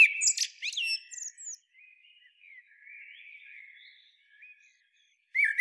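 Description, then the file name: Common blackbird giving one short fluted phrase with a thin high flourish, followed by soft warbling and a new phrase starting at the end. "Turdus merula"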